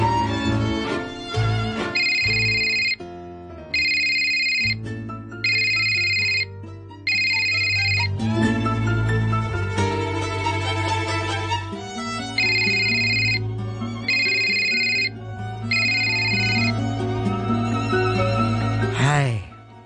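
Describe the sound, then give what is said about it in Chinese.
A mobile phone rings with a repeating electronic ringtone, bright, high-pitched melodic bursts separated by short pauses, playing over a steady bed of background music. “阿妹打咗咁多次电话嚟嘅？”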